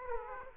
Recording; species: mosquito wingbeat signal from an infrared sensor; Aedes aegypti